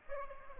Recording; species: mosquito wingbeat signal from an infrared sensor; Aedes aegypti